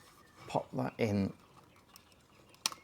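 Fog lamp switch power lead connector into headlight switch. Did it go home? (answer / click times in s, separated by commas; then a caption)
yes / 2.7 s. Someone talks while the power lead plug for the fog lamp switches is pushed back into the new headlight switch assembly in a BMW 325i (E36). The plug snaps home with a sharp click at 2.7 s, and the connector is seated.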